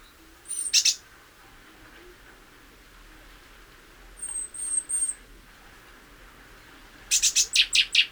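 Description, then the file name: Great tit calls: a brief chattering burst, then three very high thin whistled notes, then a longer run of rapid harsh churring notes at the end. "Parus major"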